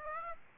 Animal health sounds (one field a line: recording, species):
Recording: mosquito wingbeat signal from an infrared sensor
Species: Aedes aegypti